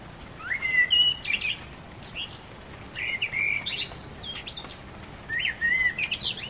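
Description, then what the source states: Common blackbird song with three separate phrases, each a rich whistled warble followed by a squeaky high flourish, with brief pauses between them. Recorded on 12 April 2010.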